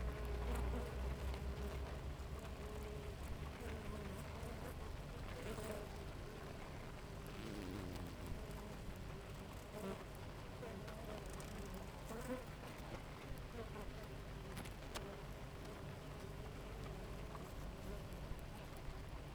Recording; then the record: honeybee colony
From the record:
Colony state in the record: active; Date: 28 July 2017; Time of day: 6:51